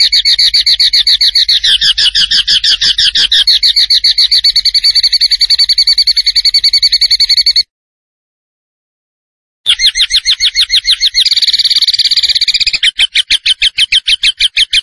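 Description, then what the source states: Tembakan bird song: a long unbroken trill of fast, high, buzzy notes, a two-second pause, then more trills changing in speed. Master recording used to train cage birds, featuring a gacor (vigorously singing) bird.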